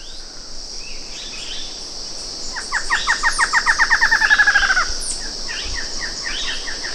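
Bird calling in a fast series of short, clipped notes that steadily grow louder for about two seconds, over a constant high insect hum.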